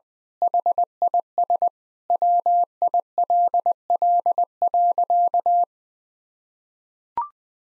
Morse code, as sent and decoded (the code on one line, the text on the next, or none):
.... .. ... / .-- .. .-.. .-.. .-.-.-
HIS WILL.